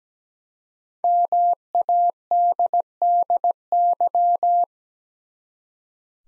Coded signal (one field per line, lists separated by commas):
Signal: Morse code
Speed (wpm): 17 wpm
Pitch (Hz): 700 Hz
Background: none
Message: MADDY